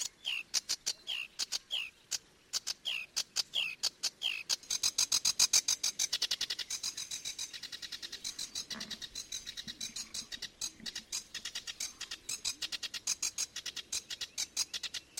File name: Phragmite des joncs